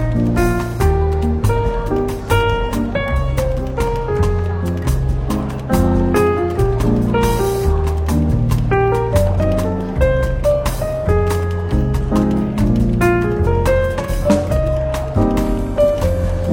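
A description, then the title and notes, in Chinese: Soft, relaxed jazz plays in a café, with a walking bass line, gentle melody and steady light percussion throughout. 伦敦书店咖啡馆轻微喧闹氛围与柔和轻松的爵士背景音乐。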